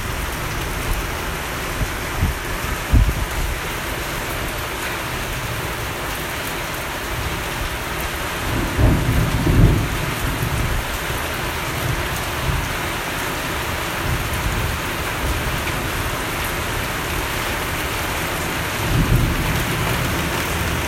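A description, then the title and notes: Steady rain falls in Kolkata, a dense, even hiss spread across the whole clip with no letup. Low rumbling swells rise beneath it around three seconds, again near nine to ten seconds, and once more near nineteen seconds, like thunder or passing traffic. Kolkata Rain.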